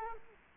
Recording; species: mosquito wingbeat signal from an infrared sensor; Culex quinquefasciatus